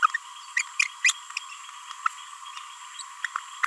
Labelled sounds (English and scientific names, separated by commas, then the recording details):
Green-rumped Parrotlet (Forpus passerinus) babbling
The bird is a female
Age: 31 days
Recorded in a nest box in Venezuela
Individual 17B42A2